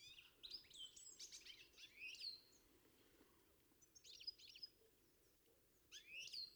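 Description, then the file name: European goldfinch calls, quick twittering and tinkling notes in a few bursts, with low background noise between. "Carduelis carduelis"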